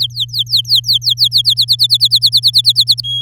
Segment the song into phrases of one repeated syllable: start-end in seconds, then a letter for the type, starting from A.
0.00-1.54 A, 1.56-3.01 B, 3.03-3.21 C